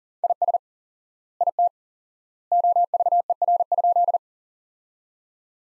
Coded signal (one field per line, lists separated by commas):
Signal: Morse code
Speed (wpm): 37 wpm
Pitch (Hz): 700 Hz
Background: none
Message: IS IT OVER?